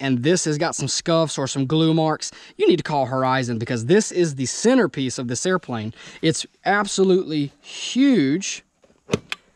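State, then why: Seated. Someone talks for most of the clip about the large plastic canopy, the centerpiece of an E-flite RV-7 foam RC airplane. The canopy is then pressed onto the fuselage, and a short tick at about 9.1 s is followed by a sharp, very positive click at 9.3 s as it locks into place.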